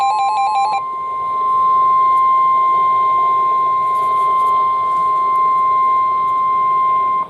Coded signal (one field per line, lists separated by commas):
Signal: Emergency Alert System (SAME) tones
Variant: 1050 Hz attention tone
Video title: Unexpected Emergency Alerts - EAS Alerts From 5/14/2022 (EAS #10-14)